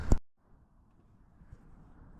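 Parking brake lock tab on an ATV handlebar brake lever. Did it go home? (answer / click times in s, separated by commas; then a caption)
yes / 0.1 s. On a Honda Recon ES ATV, the handlebar brake lever is squeezed and the parking brake lock tab is pushed forward until it stays. A single sharp click at 0.1 s marks the tab locking into place, followed by a quiet low rumble. The parking brake lock tab is seated.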